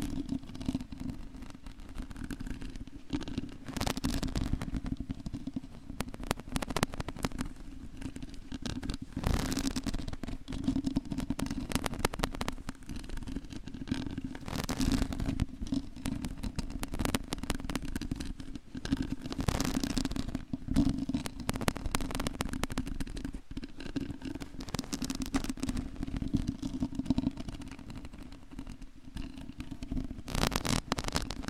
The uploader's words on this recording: Brain Melting Long Nail Mic Scratching ASMR! (No Talking).